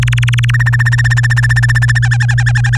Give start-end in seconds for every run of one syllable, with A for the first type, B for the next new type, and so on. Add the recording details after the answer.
0.02-0.51 A, 0.54-1.99 B, 2.02-2.77 C. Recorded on 24 April 2018 at 17:21. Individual llb3